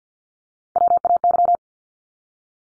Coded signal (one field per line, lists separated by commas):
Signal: Morse code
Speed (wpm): 50 wpm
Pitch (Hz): 700 Hz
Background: none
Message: WAY